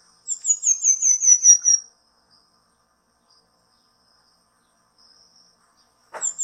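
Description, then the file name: Pin-tailed manakin song, one bright descending string of high, tinkling notes, then quiet with a faint high hum, a brief click, and the next phrase just beginning. "canto do tangarazinho"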